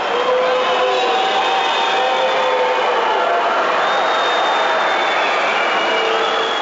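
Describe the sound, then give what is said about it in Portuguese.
Portuguese fans in a football stadium whistle in protest as Denmark delays the game, loudly and continuously, many shrill, sustained tones overlapping above a thick roar of crowd noise, steady throughout without a break. “E os portugueses respondiam com assobios.”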